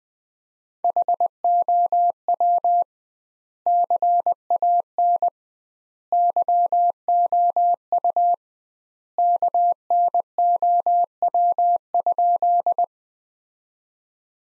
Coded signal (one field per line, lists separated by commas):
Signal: Morse code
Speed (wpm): 20 wpm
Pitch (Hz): 700 Hz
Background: none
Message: HOW CAN YOU KNOW?